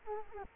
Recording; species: mosquito wingbeat signal from an infrared sensor; Culex quinquefasciatus